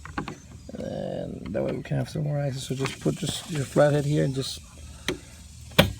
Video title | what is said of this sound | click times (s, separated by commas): How To Fix And Open 3rd Door On Mini Cooper Clubman | it down down and you heard it click | 5.8 s